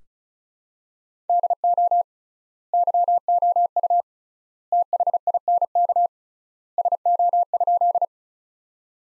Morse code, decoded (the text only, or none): DO YOU THINK SO?